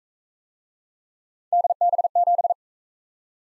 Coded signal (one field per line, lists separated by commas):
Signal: Morse code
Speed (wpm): 40 wpm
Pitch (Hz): 700 Hz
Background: none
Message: DB7